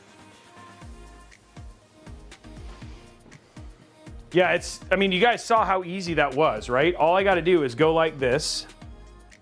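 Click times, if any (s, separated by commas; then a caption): none. Someone handles a toolless M.2 SSD retention clip on a motherboard during an ASUS TUF GT502 Horizon PC build, with soft handling taps over background music before someone talks. Nothing has seated or clicked yet by the end of the clip.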